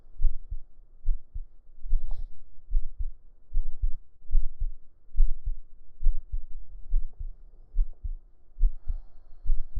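Deep, muffled thumps repeat steadily at about 71 beats a minute, each beat a lub-dub pair, heard with an ear resting on the chest under a shirt. An ordinary adult heartbeat, with faint fabric rustle and a soft hum in the background.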